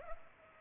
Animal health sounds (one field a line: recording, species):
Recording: mosquito wingbeat signal from an infrared sensor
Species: Culex pipiens